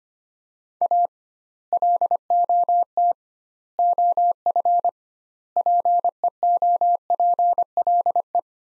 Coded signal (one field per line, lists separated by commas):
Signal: Morse code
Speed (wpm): 25 wpm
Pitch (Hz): 700 Hz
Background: none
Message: A LOT OF PEOPLE